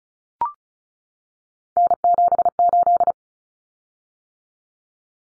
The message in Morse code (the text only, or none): N78